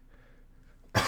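Near-silence, then a single abrupt, loud cough burst from an adult at the very end.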